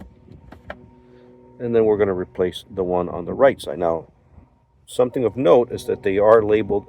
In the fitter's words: It locks. You can actually hear it clicking.